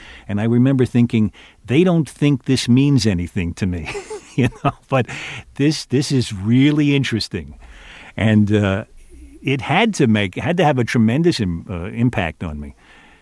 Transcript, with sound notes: And I remember thinking, they don't think this means anything to me. (Laughter) You know? But this is really interesting. And it had to make, had to have a tremendous impact on me.